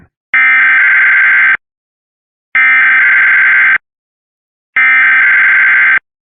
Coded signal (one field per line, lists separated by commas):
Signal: Emergency Alert System (SAME) tones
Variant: header bursts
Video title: EAS WEEKLY TEST XFINITY X1 MOCK